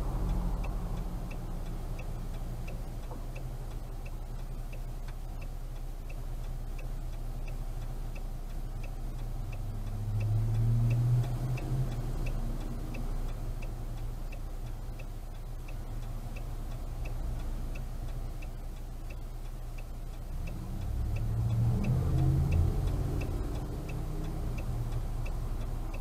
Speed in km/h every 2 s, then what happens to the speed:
5, 5, 5, 5, 5, 5, 5, 5, 5, 5, 5, 5, 5.
0-26 steady at about 5.